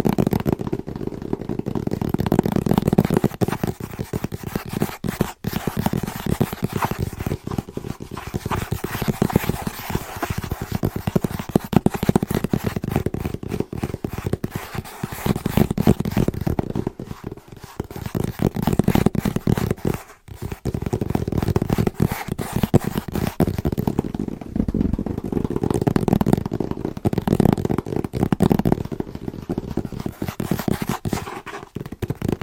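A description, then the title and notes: Fast, rhythmic tapping on Christmas presents, a dense stream of soft low knocks running steadily throughout, with brief pauses near 5 and 20 seconds. ASMR Fast & Rhythmic Tapping with Christmas Presents （No Talking）.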